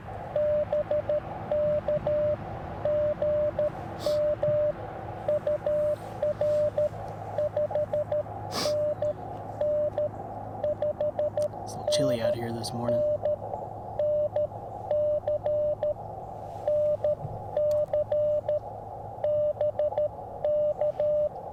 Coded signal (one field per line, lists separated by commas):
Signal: Morse code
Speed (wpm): 19 wpm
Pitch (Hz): 600 Hz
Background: speech, radio noise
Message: BK GM UR 5NN 5NN NC NC BK